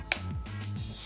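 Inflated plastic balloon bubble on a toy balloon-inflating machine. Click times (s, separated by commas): 0.1 s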